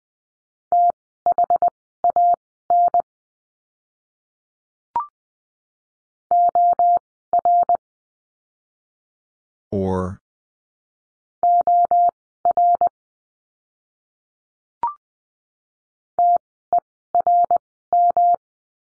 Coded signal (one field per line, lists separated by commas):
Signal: Morse code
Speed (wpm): 20 wpm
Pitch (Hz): 700 Hz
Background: none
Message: THAN OR OR TERM